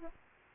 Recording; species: mosquito wingbeat signal from an infrared sensor; Aedes aegypti